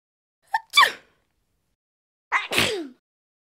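Two sharp human sneezes about two seconds apart, each with a quick catch of breath and then a loud, hissing explosive burst. A short voiced sound trails off at the end. Ordinary multiple sneezes, a sound effect.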